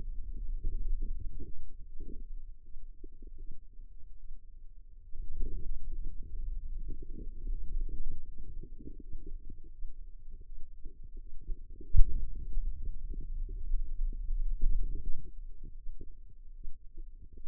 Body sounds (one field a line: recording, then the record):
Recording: forearm muscle sounds (acoustic myography)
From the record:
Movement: finger pinch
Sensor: system 2, bracelet of six BSWA MPA416 microphones around the upper forearm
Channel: 5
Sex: female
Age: 25 years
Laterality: right